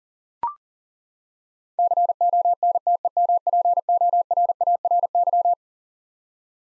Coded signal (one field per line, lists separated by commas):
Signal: Morse code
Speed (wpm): 40 wpm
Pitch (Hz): 700 Hz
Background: none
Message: CONTEMPORARY